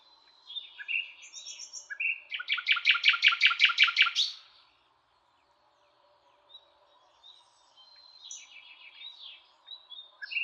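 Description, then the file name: Common nightingale song: mixed whistled phrases leading into a loud, rapid throbbing trill, then a pause and quieter varied twittering notes. "Luscinia megarhynchos"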